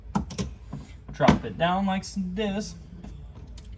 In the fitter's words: that slides back, that locks in place like so.